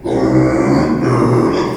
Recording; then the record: squeal of a Yucatan mini pig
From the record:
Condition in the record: before surgery on the right vocal fold (resection and tissue-engineered implant); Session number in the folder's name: 1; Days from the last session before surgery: -3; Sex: male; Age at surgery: 12 weeks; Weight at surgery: 13 kg